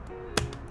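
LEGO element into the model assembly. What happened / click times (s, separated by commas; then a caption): The plastic part clicked into place / 0.4 s. A plastic LEGO element is pressed into place on the LEGO set 10300 Back to the Future DeLorean Time Machine model assembly. A sharp, loud click sounds at 0.4 s, followed by a fainter tap at 0.5 s. The part is confirmed seated.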